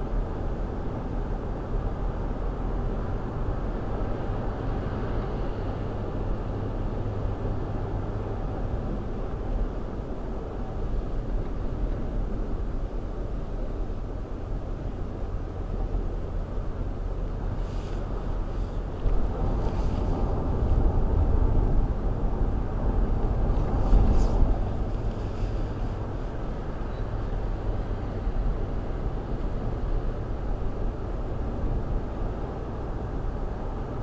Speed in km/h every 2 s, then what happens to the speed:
93, 92, 92, 92, 90, 87, 81, 79, 77, 77, 79, 79, 82, 84, 85, 85, 87.
0-7 steady at about 92. 7-15 slows to 77. 15-34 speeds up to 87.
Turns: none.